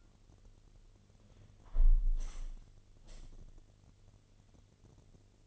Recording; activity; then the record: daily activity, microphone in the room; close window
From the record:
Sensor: 4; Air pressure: 1007.2 hPa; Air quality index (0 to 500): 184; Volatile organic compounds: 5 ppm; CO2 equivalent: 1834 ppm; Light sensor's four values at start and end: 23/73/28/27 and 23/73/28/27